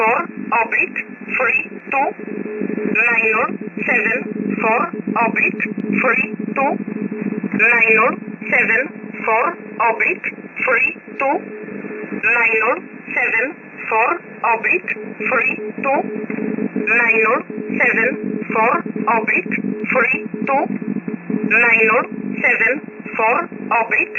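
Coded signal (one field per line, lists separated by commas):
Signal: numbers station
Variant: E11 (Oblique), English voice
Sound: synthetic female voice repeating short number groups over and over, evenly spaced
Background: radio static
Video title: 5082kHz USB Polish Number Stationn E11 calling 974 (Feb 11, 2026)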